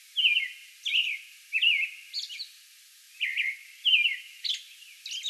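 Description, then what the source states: American robin caroling with rich, slightly slurred whistled phrases, a few trailing high thin notes, repeated roughly every half second to second. Song bout recorded May 11.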